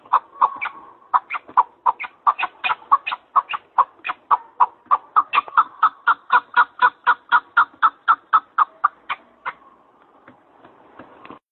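Partridge chuckling call: a rapid, steady run of harsh clucking notes, about four a second for nine seconds, then a quieter, fading stretch.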